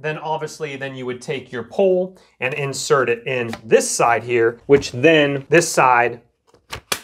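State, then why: Seated. Someone talks for about six seconds, then pushes the extension pole (tube) of a Jimmy JV51 battery-powered stick vacuum into its attachment socket. A couple of faint ticks are followed by a sharp, loud snap at 6.9 s as the tube seats firmly in place.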